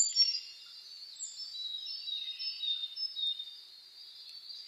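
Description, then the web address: Birds twittering, a steady stream of high thin chirps and short trills. Dawn chorus (reimei) of birdsong (saezuri), recorded 10 May 2010. "reimei DH-D 50-saezuri-20100510"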